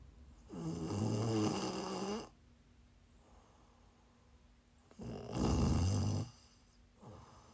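Two long, low rattling snores about five seconds apart, with the start of a third, in a quiet room.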